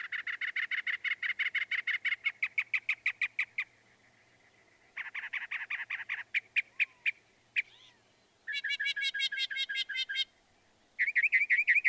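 Northern mockingbird song: long runs of fast repeated notes, switching abruptly between different phrase types with brief gaps.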